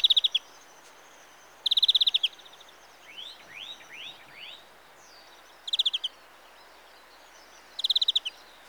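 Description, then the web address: European greenfinch uttering quick rattling trills in spaced bursts, with several soft rising slurred notes between them. "BBC Sound Effects Library. Greenfinch (Carduelis Chloris)"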